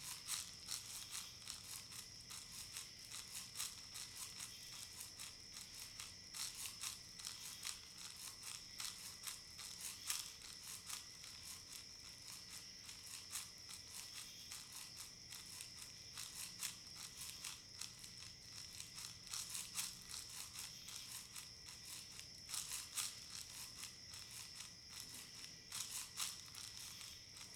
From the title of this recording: Crickets Strings Voice Shamanic Drumming Gong Shaker